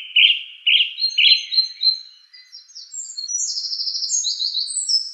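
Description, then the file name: Song thrush singing, a rich note repeated three times, then a quick run of very high, thin trilled phrases. "suara-kicauan-burung-song-thrush 7-omkicau"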